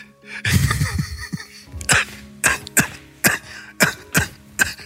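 A rough, throaty hack from an adult man opens a run of about seven sharp, explosive coughs in under five seconds, spaced unevenly. The bursts sound harsh and somewhat wet, a chesty coughing fit in a small room, the kind of cough likened to four miles of bad road and three tires trying to catch up.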